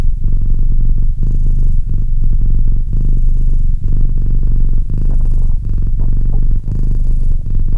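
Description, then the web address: Domestic cat purring in a low, even rumble in breath cycles, with slight pauses. "Cat Purr 201308 Cat purr"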